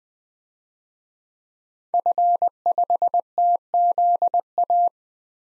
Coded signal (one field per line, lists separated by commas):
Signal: Morse code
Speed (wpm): 20 wpm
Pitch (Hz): 700 Hz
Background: none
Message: F5TZA